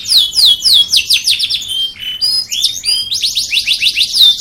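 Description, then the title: Canary song with quick chopped trills of downward-sweeping notes and a few long high whistles, delivered rapidly without pause. "Kicauan Kenari BULLDOZER"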